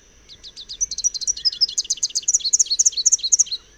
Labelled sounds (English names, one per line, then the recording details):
Rufous-capped Warbler song
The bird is a male
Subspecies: rufifrons
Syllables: 39
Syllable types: 9
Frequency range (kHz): 2.7-7.0 kHz
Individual FV-WGS-M